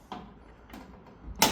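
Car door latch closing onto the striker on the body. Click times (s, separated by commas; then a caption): 1.4 s. A freshly fitted steel door on a Torana, rebuilt after the new rear quarter went on, is pushed shut so its latch closes onto the striker on the body. A softer knock comes at 0.1 s, then a loud, sharp latch click at 1.4 s as the latch engages through its first and second stages. The door is seated.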